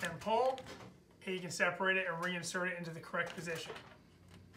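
Someone talks while a metal ceiling-grid T-bar (cross tee) that was put in the wrong slot is pulled out and separated from the main runner, to be reinserted with its end tab in the correct slot. Nothing has seated or clicked yet; the clip ends just before the cross tee goes home.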